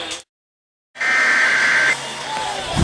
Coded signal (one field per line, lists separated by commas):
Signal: Emergency Alert System (SAME) tones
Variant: header bursts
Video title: KKJG Judges Groundhog Day (6 MORE WEEKS OF WINTER) (SLO Monthly EAS Test from 2/2/23) (EAS #745-765)